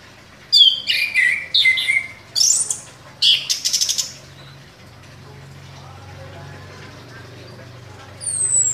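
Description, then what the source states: Orange-headed thrush song, several quick scratchy and whistled phrases over the first four seconds, then a quiet spell before a thin high note at the end. Indonesian name anis kembang; described as gacor, singing vigorously and continuously.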